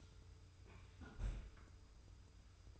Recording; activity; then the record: daily activity, microphone in the room; close fridge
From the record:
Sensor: 2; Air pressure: 990.9 hPa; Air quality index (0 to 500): 127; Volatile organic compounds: 118 ppm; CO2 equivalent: 3862 ppm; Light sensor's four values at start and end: 21/51/20/20 and 21/51/20/20